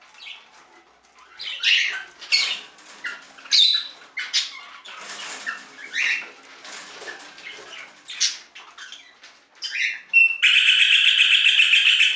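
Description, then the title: Budgerigar chirps and squeaky notes in an irregular series, ending in a loud steady buzzy rattle. "Budgie Sounds"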